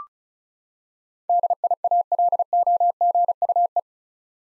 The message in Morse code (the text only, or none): DIALOGUE